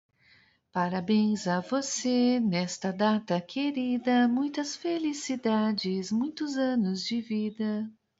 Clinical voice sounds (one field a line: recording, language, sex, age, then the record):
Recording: short text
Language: Brazilian Portuguese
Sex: female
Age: 50 to 59 years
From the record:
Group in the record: control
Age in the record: 52 years